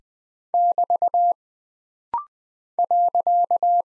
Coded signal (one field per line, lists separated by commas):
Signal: Morse code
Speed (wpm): 20 wpm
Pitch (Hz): 700 Hz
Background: none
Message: <BT> .